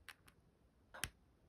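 A Lightning charging cable is plugged into the freshly cleaned charging port of an iPad Air. Two faint ticks come at 0.1 s and 0.3 s, then a sharp, loud click at 1.0 s as the plug seats fully. The click shows the port is clear.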